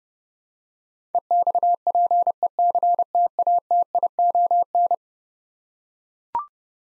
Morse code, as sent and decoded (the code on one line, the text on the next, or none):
. -..- .--. . -.-. - .- - .. --- -.
EXPECTATION